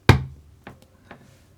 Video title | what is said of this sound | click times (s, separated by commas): TEAM ASSOCIATED RC10 CC and build parts 22 - 28 | and then push it until it snaps | 0.1 s